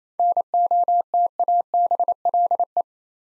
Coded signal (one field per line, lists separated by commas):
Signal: Morse code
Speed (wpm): 28 wpm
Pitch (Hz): 700 Hz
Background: none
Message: NOTABLE